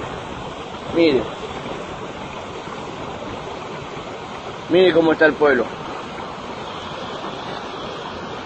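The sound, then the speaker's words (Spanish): Floodwater that has put the area around a town under water rushes in a steady, broad roar that never lets up, with a voice speaking two brief phrases over it; residents cut the railway line and built an embankment to keep the water out of the town. “Hicimos ese bordado, ese cordón hicimos para que no nos entre el agua al pueblo.”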